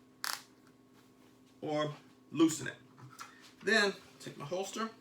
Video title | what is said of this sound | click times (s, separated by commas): Stomp Strong Show Ep: 11 The wreck! / Conceal carry options! | you can hear it click so i can adjust it to quarter inch | 0.2 s